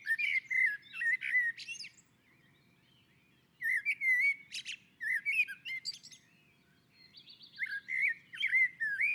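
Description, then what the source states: Common blackbird song, three loud warbled phrases mixing mellow fluting with high, scratchy twittering, separated by brief silences. On a roof.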